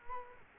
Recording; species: mosquito wingbeat signal from an infrared sensor; Culex quinquefasciatus